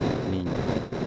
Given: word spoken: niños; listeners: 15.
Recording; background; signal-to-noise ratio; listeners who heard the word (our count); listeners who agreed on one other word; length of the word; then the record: one Spanish word in noise, from a listening test; noise modulated by three-talker babble; -4.3 dB; 3 of 15; 7 of 15; 0.67 s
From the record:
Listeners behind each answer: 7, 3, 2, 1, 1, 1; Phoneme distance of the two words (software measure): 7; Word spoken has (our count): 2 syllables, 5 phonemes, stress on syllable 1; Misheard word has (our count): 2 syllables, 4 phonemes, stress on syllable 1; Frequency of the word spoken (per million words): 199.58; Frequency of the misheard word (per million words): 178.01